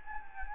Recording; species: mosquito wingbeat signal from an infrared sensor; Anopheles gambiae